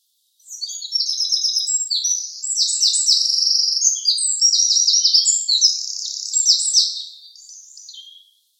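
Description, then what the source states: Eurasian wren song: a long, rapid outpouring of very high trills and sharp twittering notes, loud and unbroken for about eight seconds. Call of nominate subspecies troglodytes troglodytes.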